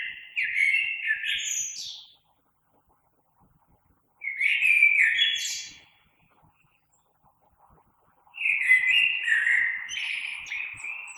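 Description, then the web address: Common blackbird song: three separate warbled phrases roughly every four seconds, each finishing in thin high twittering notes, with silence between. Recorded on 3 March 2020. "oiseaux Merle 2020 03 03"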